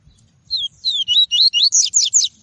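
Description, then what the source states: Double-collared seedeater delivering one rapid song of downslurred whistles that turn into higher, choppier notes, about eight elements in under two seconds. Song of the "tui-tui" variety.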